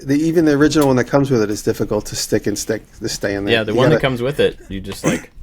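Someone talks while handling the action camera's original magnetic mount connector, about to push it into the camera. There are no sharp clicks, only continuous speech, and nothing has seated or clicked yet.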